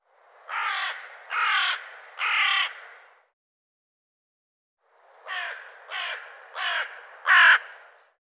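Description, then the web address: Bird giving harsh, raspy caws: a series of three, a pause of about two seconds, then four more, the last one loudest. "cianscape birddata Deverinetal 2025"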